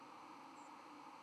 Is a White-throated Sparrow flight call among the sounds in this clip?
no